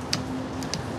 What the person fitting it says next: make sure they click in place